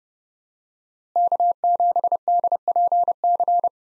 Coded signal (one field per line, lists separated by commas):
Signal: Morse code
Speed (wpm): 30 wpm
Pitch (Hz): 700 Hz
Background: none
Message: K7DPC